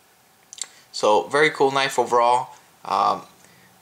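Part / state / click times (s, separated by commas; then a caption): folding knife blade into its axis-style lock / seated / 0.5 s, 0.6 s. A folding knife's safety lock is taken off with one hand and the blade is opened into its axis-style lock, giving two sharp clicks at 0.5 s and 0.6 s as the blade locks open. Someone then talks.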